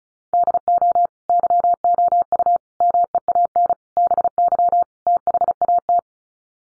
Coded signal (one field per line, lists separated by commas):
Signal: Morse code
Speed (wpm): 34 wpm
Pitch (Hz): 700 Hz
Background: none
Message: DO YOU MEAN BY THAT